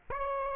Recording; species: mosquito wingbeat signal from an infrared sensor; Aedes aegypti